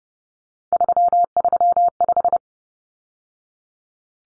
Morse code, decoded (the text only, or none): 335